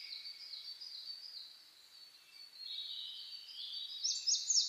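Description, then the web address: Birds chorusing, a steady band of high twittering with a brighter, louder chirping flourish at the close. Dawn chorus birdsong recorded on 10 May 2010, at 04:01. "sounds data 2010 reimei DH-D 50-saezuri-20100510-0401"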